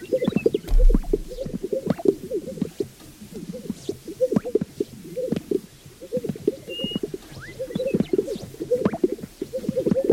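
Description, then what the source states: Sage-grouse chorus of low bubbling pops and gulping coos, repeated in clustered bursts by several birds, a thin high whistle briefly. A group.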